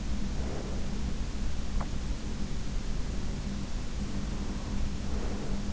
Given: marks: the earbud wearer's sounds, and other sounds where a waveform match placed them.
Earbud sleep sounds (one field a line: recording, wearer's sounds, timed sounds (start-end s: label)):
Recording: sounds in sleep by an in-ear microphone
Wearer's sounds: breath, teeth grinding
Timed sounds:
0.14-1.01 s: breath
1.67-2.01 s: teeth grinding
4.12-5.73 s: breath